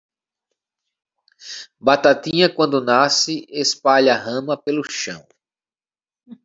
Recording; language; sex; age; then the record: short text; Brazilian Portuguese; male; 30 to 39 years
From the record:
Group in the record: control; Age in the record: 37 years